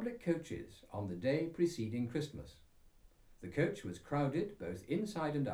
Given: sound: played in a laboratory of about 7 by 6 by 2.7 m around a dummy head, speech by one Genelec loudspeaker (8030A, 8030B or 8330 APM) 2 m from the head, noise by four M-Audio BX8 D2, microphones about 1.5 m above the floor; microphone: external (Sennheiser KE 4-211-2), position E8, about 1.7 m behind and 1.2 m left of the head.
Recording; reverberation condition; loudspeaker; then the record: male speech in English; low; 60 degrees to the left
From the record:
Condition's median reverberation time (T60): about 310 ms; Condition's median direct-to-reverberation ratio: about 3.5 dB